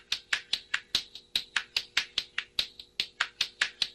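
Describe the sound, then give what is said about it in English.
A pair of spoons recorded on a phone and sampled through a collider loop with distortion: a steady run of sharp, bright clacks repeating about four or five times a second with a slightly uneven, gritty rhythm and no voices. “It's like a pair of spoons sampled through the collider loop, which has got a sort of distortion.”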